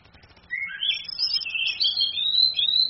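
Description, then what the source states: Orange-headed thrush song: a continuous rich warble of varied whistled and twittering notes, running for over two seconds without pause. Female; masteran (training) recording for other birds, charged via a mobile phone screen.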